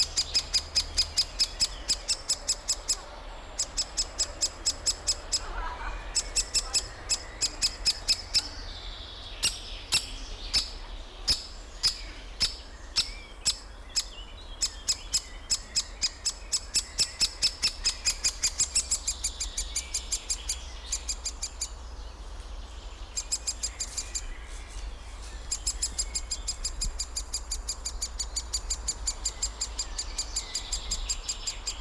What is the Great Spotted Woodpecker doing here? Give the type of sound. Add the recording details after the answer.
call. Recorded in the wild. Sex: diverse. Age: juvenile. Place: Bucher Wald, Berlin, DE. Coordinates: 52.65, 13.48. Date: 1995-06-05 13:41. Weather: sonnig, 18°C. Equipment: Sony WM-D6C, Sennheiser ME 80, Kopie Uher 4000 Report Monitor. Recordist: Tembrock, Günter